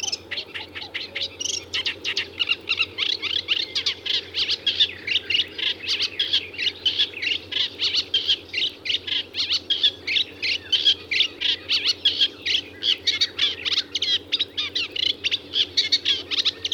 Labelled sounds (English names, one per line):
Eurasian Reed Warbler song